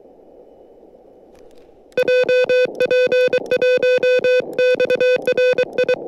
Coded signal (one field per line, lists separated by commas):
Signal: Morse code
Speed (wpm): 23 wpm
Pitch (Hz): 500 Hz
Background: music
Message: JP1XRI